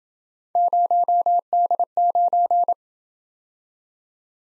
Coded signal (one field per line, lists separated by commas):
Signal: Morse code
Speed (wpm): 27 wpm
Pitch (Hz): 700 Hz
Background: none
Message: 0D9